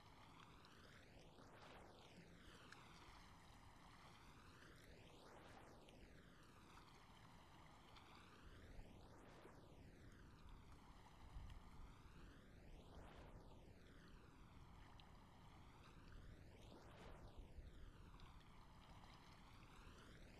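Wind blows steadily across a lake, a dense, unbroken rush with a deep low rumble underneath. A hollow, sweeping whoosh rises and falls every two to three seconds, like a jet passing, and the roar swells slightly around the middle and near the end.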